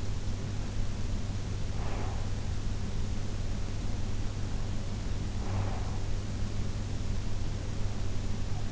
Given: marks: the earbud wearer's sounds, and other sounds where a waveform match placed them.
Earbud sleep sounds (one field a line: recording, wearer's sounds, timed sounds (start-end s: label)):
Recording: sounds in sleep by an in-ear microphone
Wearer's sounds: breath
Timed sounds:
1.77-2.39 s: breath
5.25-5.90 s: breath